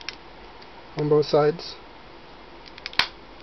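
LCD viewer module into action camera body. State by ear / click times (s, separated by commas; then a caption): seated / 3.0 s. A detachable LCD viewer module is pressed onto the back of a Swann Freestyle HD sports video camera, fitting the same way on both sides. Someone talks briefly, a few faint plastic ticks follow, and then a sharp plastic snap at 3.0 s as the viewer seats fully in the camera body.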